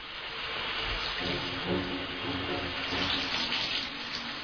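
A shower runs steadily as a woman showers, water pouring in a dense, even hiss with a faint splashing texture and no voices, holding at a constant moderate level throughout.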